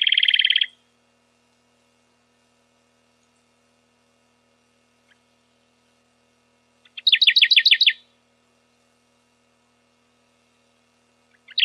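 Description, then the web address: Radde's warbler giving short, loud trills of rapidly repeated notes, one at the start, another about seven seconds later, and a third beginning at the end; otherwise quiet. "Phylloscopus schwarzi"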